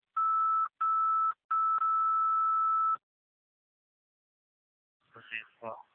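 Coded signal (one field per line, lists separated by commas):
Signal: pager alert tone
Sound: a steady mid-pitch tone for about three seconds with short dropouts, then brief voice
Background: radio dispatch voice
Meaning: Alert tone that activates fire pagers before a dispatch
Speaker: through the tones only. Is the fire department responding?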